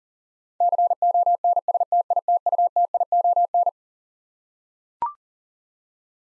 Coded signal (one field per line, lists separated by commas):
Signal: Morse code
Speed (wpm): 40 wpm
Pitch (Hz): 700 Hz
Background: none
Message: CONSTITUTION